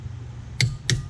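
A click-type torque wrench with an extension and a 19 mm socket is pushed down on an RV wheel lug nut. Over a low steady hum, two sharp metallic clicks ring out at 0.6 s and 0.9 s, showing the wrench reaching its 110-120 ft-lb setting.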